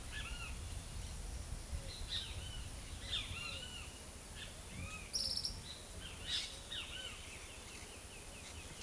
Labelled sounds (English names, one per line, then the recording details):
Great Kiskadee
Tropical Kingbird
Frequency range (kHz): Great Kiskadee 0.6-4.5 kHz
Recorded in forest near Pivijay, Magdalena, Colombia, on 17 April 2023 at 16:30
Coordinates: 10.467, -74.380
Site Z5-G034